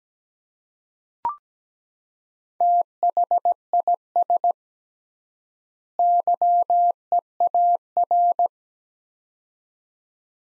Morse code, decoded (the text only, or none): THIS YEAR